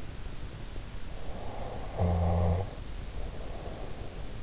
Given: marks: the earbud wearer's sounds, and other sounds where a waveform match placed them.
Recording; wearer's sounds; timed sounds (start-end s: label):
sounds in sleep by an in-ear microphone; snoring breath
1.13-4.26 s: snoring breath